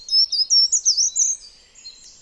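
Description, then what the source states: Short-toed treecreeper song: a quick run of very high, thin, piercing notes, closely spaced and rhythmic, lasting just over a second. Male song, given to make contact with a female; described as powerful, high-pitched, closely spaced, rhythmic notes.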